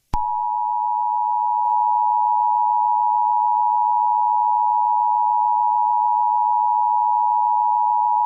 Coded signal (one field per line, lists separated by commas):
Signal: Emergency Alert System (SAME) tones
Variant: 853 and 960 Hz attention tone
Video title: EAS Alert about the Coronavirus (COVID-19) in March 17,2020